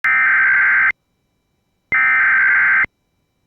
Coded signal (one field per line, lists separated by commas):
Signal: Emergency Alert System (SAME) tones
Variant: header bursts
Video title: EAS 1087 - South Dakota AMBER Alert